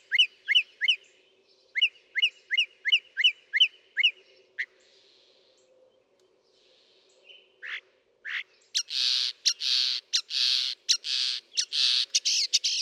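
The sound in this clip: Northern mockingbird song with quick repeated upslurred whistles in sets, then loud harsh rasping notes repeated in a steady series.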